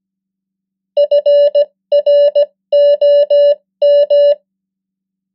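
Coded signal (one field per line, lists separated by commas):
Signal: Morse code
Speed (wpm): 17 wpm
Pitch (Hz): 580 Hz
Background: none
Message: FROM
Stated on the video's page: The 100 most common English words in Morse at 15 wpm, as practice.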